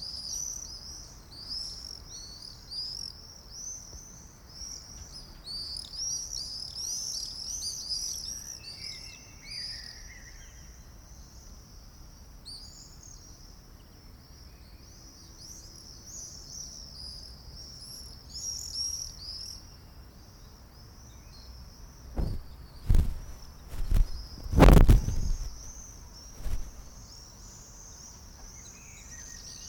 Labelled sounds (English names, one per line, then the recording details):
Common Swift flight call
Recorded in the wild
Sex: group
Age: adult
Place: Mörchinger Straße, Berlin, DE
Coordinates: 52.4381, 13.2733
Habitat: urban area
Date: 1996-07-20 21:20
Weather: no sun anymore, clear, 18-19°C
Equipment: Sony MD-WM MZ-R3, Sennheiser MKH 416 T, Kopie Uher 4000 Report Monitor
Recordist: Tembrock, Günter